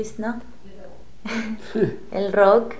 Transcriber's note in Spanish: risas